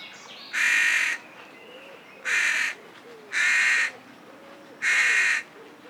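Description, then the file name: Carrion crow giving four loud, harsh, hoarse caws. "Corvus corone"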